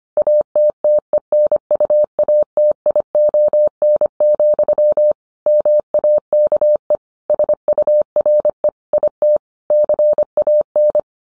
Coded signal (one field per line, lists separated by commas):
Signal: Morse code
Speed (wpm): 25 wpm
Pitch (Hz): 600 Hz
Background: none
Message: ATTENUATION, MAKE SURE IT CAN